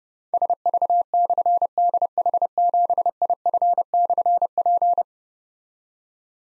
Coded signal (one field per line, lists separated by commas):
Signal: Morse code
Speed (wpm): 30 wpm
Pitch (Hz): 700 Hz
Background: none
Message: SV/DH7IF/P